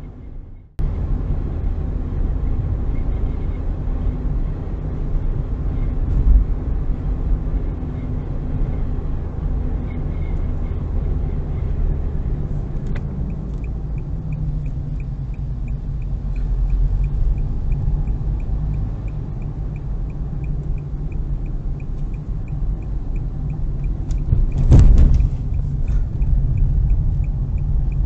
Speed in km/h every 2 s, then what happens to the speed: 60, 61, 61, 61, 60, 53, 39, 31, 35, 40, 39, 37, 30, 19.
0-9 steady at about 61. 9-13 brakes to 31. 19-25 brakes to 19.